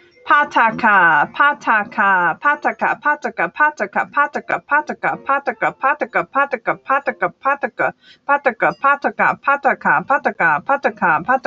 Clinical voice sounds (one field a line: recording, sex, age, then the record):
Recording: repeated syllables /pa ta ka/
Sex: female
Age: 30 to 39 years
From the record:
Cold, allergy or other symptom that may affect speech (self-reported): no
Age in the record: 37 years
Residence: New York, United States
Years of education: 13